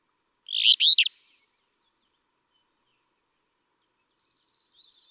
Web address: songs Alder Flycatcher